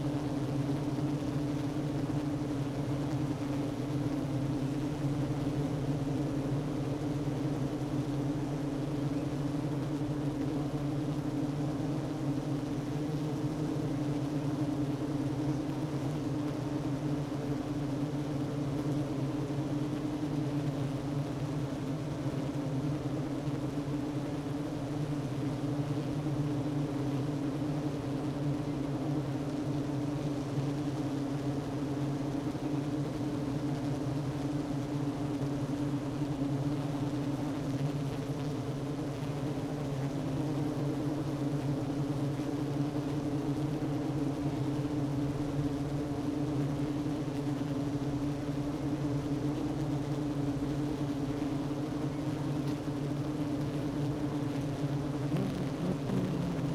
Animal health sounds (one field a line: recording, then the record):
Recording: honeybee colony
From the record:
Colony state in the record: active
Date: 12 June 2018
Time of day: 10:48